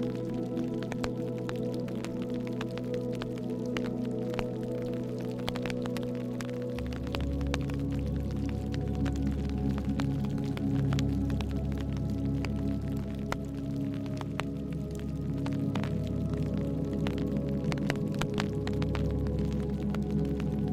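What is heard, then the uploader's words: Soft, sustained low chords hum steadily underneath, shifting to a new deeper chord about seven seconds in. Over them, frequent sharp raindrop taps on a tin roof click and patter irregularly throughout, some louder than others, at an even overall volume. Calming melodies and the rhythmic tap of raindrops on a tin roof.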